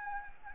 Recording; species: mosquito wingbeat signal from an infrared sensor; Anopheles gambiae